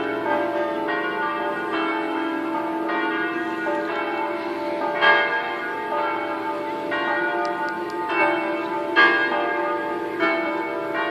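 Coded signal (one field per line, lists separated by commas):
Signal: bell signal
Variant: five-bell swinging peal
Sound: several church bells swinging and ringing together in a continuous, overlapping festive peal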